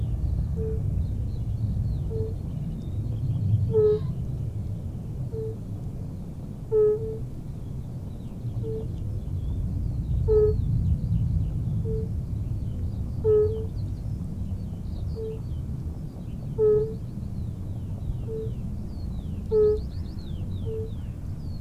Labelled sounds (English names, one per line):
Fire-Bellied Toad call